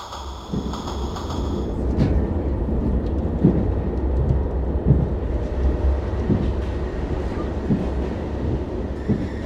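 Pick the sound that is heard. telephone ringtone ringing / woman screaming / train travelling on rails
train travelling on rails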